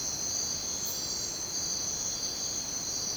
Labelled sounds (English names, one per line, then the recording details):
none
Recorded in dense forest near Puerto Asís, Putumayo, Colombia, on 22 June 2025 at 04:30
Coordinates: 0.484, -76.317
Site G045